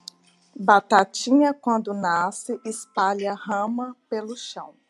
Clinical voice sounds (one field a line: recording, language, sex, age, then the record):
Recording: short text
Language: Brazilian Portuguese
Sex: female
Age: 40 to 49 years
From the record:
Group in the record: control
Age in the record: 41 years